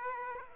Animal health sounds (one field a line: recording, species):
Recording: mosquito wingbeat signal from an infrared sensor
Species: Aedes aegypti